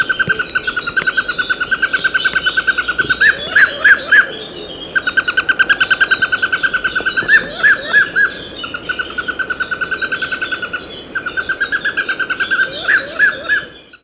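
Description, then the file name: Fire-footed rope squirrel giving fast runs of sharp chips, each run ending in a few stronger arched notes. Abidjan, Côte d'Ivoire. "Funisciurus pyrropus Dolly Minis Abidjan Macaulay Cornell"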